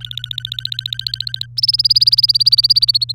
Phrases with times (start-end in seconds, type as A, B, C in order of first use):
0.01-1.46 A, 1.57-3.12 B